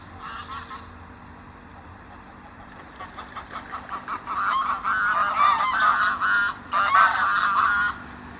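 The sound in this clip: Egyptian goose calls: quiet start, then a run of hoarse, rasping honks building into loud rapid bursts, with a low steady hum beneath.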